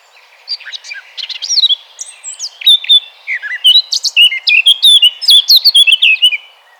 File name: Sylvia atricapilla